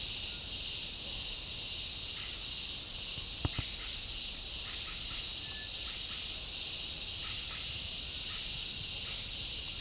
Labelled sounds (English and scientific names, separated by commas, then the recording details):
none
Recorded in dense forest near Puerto Asís, Putumayo, Colombia, on 15 December 2024 at 08:30
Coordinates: 0.499, -76.324
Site G045